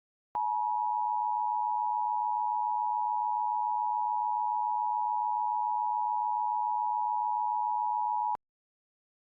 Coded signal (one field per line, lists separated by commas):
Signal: Emergency Alert System (SAME) tones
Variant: 853 and 960 Hz attention tone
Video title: IP - Required WEEKLY Test - NO EAS